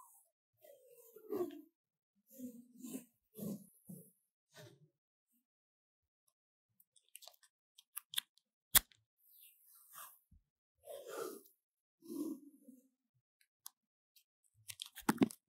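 Paper tape is handled and pressed onto a microphone in short, crinkly, sticky bursts with quiet gaps between them. A single sharp snap lands near the middle, and a cluster of quick crisp taps and crackles closes the clip.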